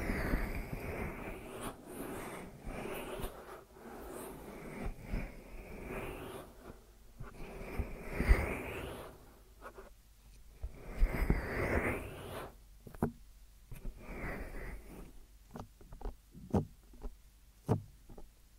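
Deep ear massage sounds: soft rubbing and muffled brushing swells, interrupted by frequent sharp taps and crackles, with quieter gaps after ten seconds.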